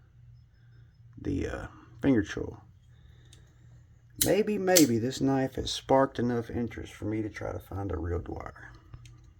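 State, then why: Not seated. A folding knife's blade is being handled and closed toward its detent in the handle, while someone talks over low background hum. The blade has not yet seated or clicked home by the end of the clip.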